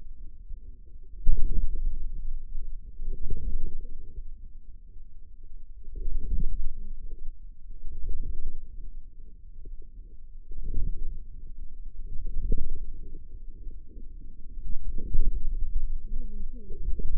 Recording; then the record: forearm muscle sounds (acoustic myography)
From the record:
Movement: inward rotation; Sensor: system 2, bracelet of six BSWA MPA416 microphones around the upper forearm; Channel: 6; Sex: female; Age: 21 years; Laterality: right